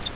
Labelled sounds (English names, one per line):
Grace's Warbler flight call